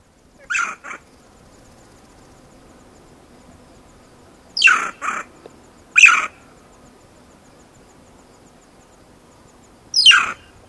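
Banded mongoose calls: scattered high, sharp squeaks, some doubled, coming at irregular intervals, with quiet background between.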